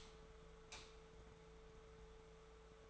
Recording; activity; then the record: daily activity, microphone in the room; light off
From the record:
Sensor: 3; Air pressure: 1014.7 hPa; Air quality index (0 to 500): 192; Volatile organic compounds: 24 ppm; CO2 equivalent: 2799 ppm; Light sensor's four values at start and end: 44/111/48/51 and 41/103/44/48